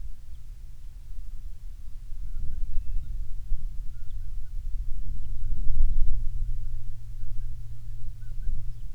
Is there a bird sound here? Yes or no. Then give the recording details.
yes. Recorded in the Prudhoe Bay oil fields, Alaska, on 30 June 2019 at 00:32. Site 22